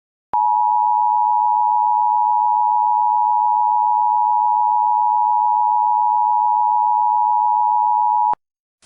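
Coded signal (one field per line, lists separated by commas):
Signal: Emergency Alert System (SAME) tones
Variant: 853 and 960 Hz attention tone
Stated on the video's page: Fictional EAS scenario containing valid SAME tones.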